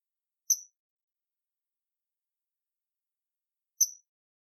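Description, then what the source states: Common kingfisher giving two identical sharp, high whistled calls roughly three seconds apart, each short and piercing, with silence between. Recorded 22 July 2022 at Eura.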